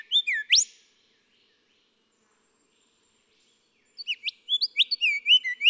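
Golden whistler song with a whistled phrase ending in a rising whip, silence, then a fresh series of repeated whistled notes.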